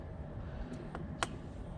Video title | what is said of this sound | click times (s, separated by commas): Volvo XC90 XC70 V70 S80 S60 2.4 D5 Euro 3 Glow Plug Change | There you go, you just push it till you hear a click, and that's it, in place. | 1.2 s